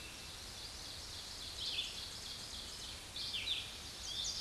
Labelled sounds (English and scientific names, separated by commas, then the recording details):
Red-eyed Vireo (Vireo olivaceus) song
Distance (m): 25 m
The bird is about 20 m above the microphone
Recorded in a Pennsylvania forest on 16 May 2024 at 07:48
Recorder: AudioMoth, point MSD-2287
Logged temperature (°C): 11.2 °C
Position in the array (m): 147 m, 38 m